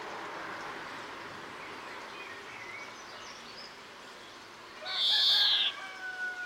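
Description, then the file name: European greenfinch call: a single drawn-out, buzzy wheezing note lasting under a second near the end, over steady background hiss. "Chloris chloris"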